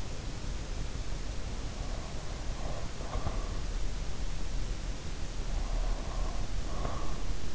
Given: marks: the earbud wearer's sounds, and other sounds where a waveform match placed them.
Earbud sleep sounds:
sounds in sleep by an in-ear microphone; breath
1.70-3.65 s: breath
5.60-7.55 s: breath

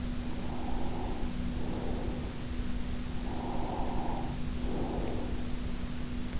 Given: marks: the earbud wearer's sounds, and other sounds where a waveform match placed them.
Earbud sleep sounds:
sounds in sleep by an in-ear microphone; breath
0.47-2.69 s: breath
3.13-5.69 s: breath

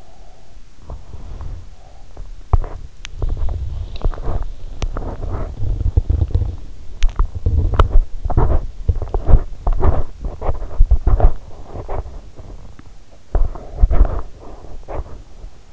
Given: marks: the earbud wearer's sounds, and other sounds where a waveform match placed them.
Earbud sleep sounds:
sounds in sleep by an in-ear microphone; breath, body movement, teeth grinding
0.00-1.64 s: breath
0.78-15.73 s: body movement
2.97-3.25 s: teeth grinding
4.75-4.99 s: teeth grinding
6.94-7.15 s: teeth grinding

